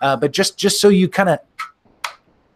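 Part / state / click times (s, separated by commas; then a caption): pistol into outside-the-waistband holster / seated / 2.0 s. A man talks, then a compact pistol is pushed into an outside-the-waistband holster and snaps into its retention with a sharp click at 2.1 s. The pistol is seated, and the holster has great retention.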